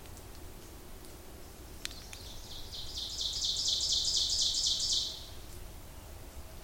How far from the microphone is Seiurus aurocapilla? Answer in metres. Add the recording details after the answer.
about 30 m. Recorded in boreal forest in Alberta, Canada, on 26 May 2016 at 07:19. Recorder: SongMeter 3, array SBT-3-15. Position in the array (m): 41 m, 225 m. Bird 20